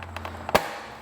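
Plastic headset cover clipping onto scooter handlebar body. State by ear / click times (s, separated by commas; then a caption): seated / 0.6 s. The last clips of a plastic headset cover on a Vespa ET4 scooter are pressed home onto the handlebar body. A few soft ticks come first, then one loud, sharp snap at 0.6 s as the cover seats fully.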